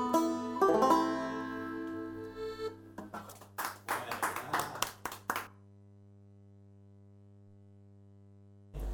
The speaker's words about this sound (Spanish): Aplausos a pleno.